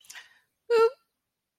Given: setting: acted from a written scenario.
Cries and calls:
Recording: vocal sound without words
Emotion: embarrassment

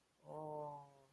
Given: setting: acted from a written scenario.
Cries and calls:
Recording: vocal sound without words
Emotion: sympathy

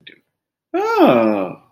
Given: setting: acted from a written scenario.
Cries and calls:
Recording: vocal sound without words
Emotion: sympathy

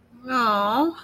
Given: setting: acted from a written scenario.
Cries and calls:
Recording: vocal sound without words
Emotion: sympathy

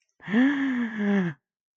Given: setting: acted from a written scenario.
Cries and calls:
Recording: vocal sound without words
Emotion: awe

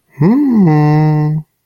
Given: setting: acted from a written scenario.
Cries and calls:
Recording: vocal sound without words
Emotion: romantic love

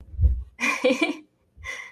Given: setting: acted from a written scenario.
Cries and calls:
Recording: vocal sound without words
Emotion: contentment

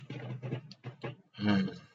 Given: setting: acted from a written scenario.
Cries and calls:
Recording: vocal sound without words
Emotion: serenity

